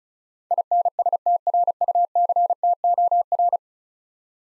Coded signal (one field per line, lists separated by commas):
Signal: Morse code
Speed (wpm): 36 wpm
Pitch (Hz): 700 Hz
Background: none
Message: INSTRUCTOR